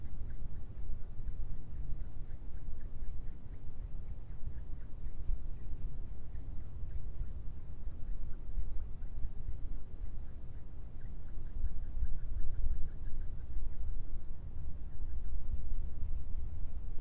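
Hands and fingers rub and scratch steadily for the whole stretch, a dense, low rustle with faint rapid ticking above it.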